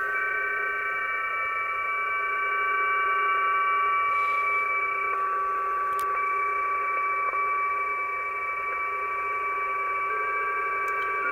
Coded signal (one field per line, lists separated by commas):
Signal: PSK31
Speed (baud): 31.25 baud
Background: radio noise